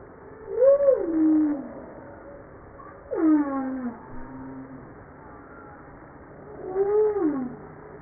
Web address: pub JASA 2013 Blue Bowhead Fin Humpback Southern Right Whale humpback